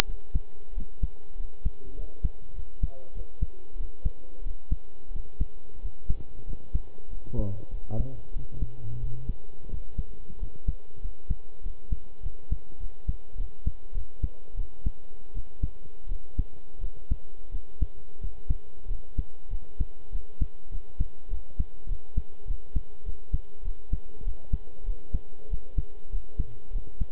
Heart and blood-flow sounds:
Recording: heart sounds by stethoscope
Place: between the tricuspid and mitral areas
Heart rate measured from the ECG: 95 bpm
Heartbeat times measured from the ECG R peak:
0.05 s: heartbeat
0.73 s: heartbeat
1.36 s: heartbeat
1.95 s: heartbeat
2.54 s: heartbeat
3.13 s: heartbeat
3.76 s: heartbeat
4.42 s: heartbeat
5.11 s: heartbeat
5.80 s: heartbeat
6.45 s: heartbeat
7.09 s: heartbeat
7.70 s: heartbeat
8.32 s: heartbeat
8.99 s: heartbeat
9.69 s: heartbeat
10.38 s: heartbeat
11.01 s: heartbeat
11.62 s: heartbeat
12.22 s: heartbeat
12.79 s: heartbeat
13.36 s: heartbeat
13.93 s: heartbeat
14.56 s: heartbeat
15.34 s: heartbeat
16.08 s: heartbeat
16.80 s: heartbeat
17.51 s: heartbeat
18.20 s: heartbeat
18.87 s: heartbeat
19.50 s: heartbeat
20.11 s: heartbeat
20.71 s: heartbeat
21.30 s: heartbeat
21.88 s: heartbeat
22.47 s: heartbeat
23.05 s: heartbeat
23.64 s: heartbeat
24.24 s: heartbeat
24.85 s: heartbeat
25.49 s: heartbeat
26.11 s: heartbeat
26.72 s: heartbeat
From the record:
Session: pedaling a stationary bicycle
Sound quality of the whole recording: good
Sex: male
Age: 23 years

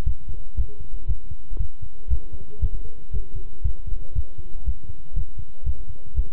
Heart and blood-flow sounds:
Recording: heart sounds by stethoscope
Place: between the tricuspid and mitral areas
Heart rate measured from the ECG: 118 bpm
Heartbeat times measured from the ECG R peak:
0.06 s: heartbeat
0.57 s: heartbeat
1.08 s: heartbeat
1.59 s: heartbeat
2.10 s: heartbeat
2.61 s: heartbeat
3.13 s: heartbeat
3.64 s: heartbeat
4.15 s: heartbeat
4.66 s: heartbeat
5.16 s: heartbeat
5.66 s: heartbeat
6.16 s: heartbeat
From the record:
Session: walking at 3.7 km/h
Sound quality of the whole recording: good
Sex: male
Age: 25 years

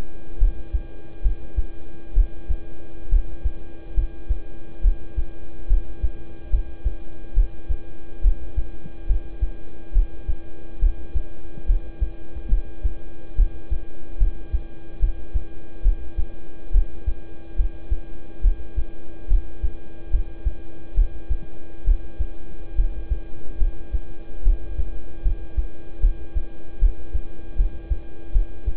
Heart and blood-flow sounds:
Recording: heart sounds by stethoscope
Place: between the tricuspid and mitral areas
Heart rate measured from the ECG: 71 bpm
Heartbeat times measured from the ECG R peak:
0.38 s: heartbeat
1.22 s: heartbeat
2.13 s: heartbeat
3.09 s: heartbeat
3.94 s: heartbeat
4.81 s: heartbeat
5.67 s: heartbeat
6.50 s: heartbeat
7.34 s: heartbeat
8.21 s: heartbeat
9.06 s: heartbeat
9.92 s: heartbeat
10.79 s: heartbeat
11.66 s: heartbeat
12.48 s: heartbeat
13.35 s: heartbeat
14.18 s: heartbeat
14.99 s: heartbeat
15.82 s: heartbeat
16.71 s: heartbeat
17.56 s: heartbeat
18.41 s: heartbeat
19.28 s: heartbeat
20.10 s: heartbeat
20.94 s: heartbeat
21.84 s: heartbeat
22.75 s: heartbeat
23.58 s: heartbeat
24.43 s: heartbeat
25.22 s: heartbeat
26.00 s: heartbeat
26.79 s: heartbeat
27.56 s: heartbeat
28.32 s: heartbeat
From the record:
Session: rest, lying down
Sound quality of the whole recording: good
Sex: male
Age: 26 years

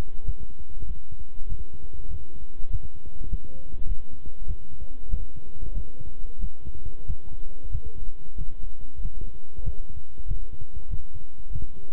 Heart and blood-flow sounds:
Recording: heart sounds by stethoscope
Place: between the tricuspid and mitral areas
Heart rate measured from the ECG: 96 bpm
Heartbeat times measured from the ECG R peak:
0.23 s: heartbeat
0.85 s: heartbeat
1.47 s: heartbeat
2.09 s: heartbeat
2.69 s: heartbeat
3.28 s: heartbeat
3.85 s: heartbeat
4.45 s: heartbeat
5.09 s: heartbeat
5.72 s: heartbeat
6.39 s: heartbeat
7.05 s: heartbeat
7.70 s: heartbeat
8.35 s: heartbeat
9.00 s: heartbeat
9.62 s: heartbeat
10.26 s: heartbeat
10.88 s: heartbeat
11.50 s: heartbeat
From the record:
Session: walking at 3.7 km/h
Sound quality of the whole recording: good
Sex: male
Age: 26 years

